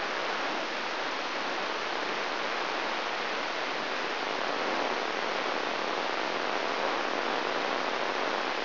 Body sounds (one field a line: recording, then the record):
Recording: brain microelectrode recording played as sound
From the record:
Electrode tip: inside the subthalamic nucleus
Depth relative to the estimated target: 0 mm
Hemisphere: left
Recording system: AlphaMap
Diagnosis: Parkinson's disease